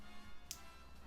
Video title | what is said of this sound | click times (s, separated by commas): Saint Seiya Myth Cloth - THE LOST CANVAS - ☄️☄️TENMA de PEGASE ☄️☄️ Mis à la RETRAITE par BANDAI !🛑 | Ca se clipse tout seul, aucun souci. | 0.5 s